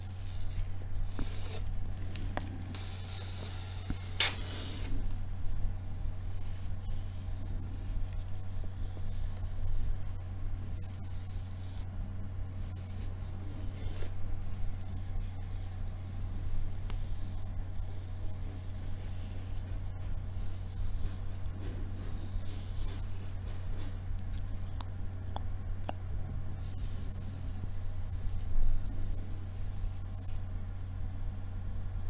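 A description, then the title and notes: Light tapping and scratching on a table come in scattered bursts over a constant low electrical hum, with bright scrapes recurring throughout. ASMR INVISIBLE TRIGGER WORDS TAPPING & SCRATCHING PINK TABLE.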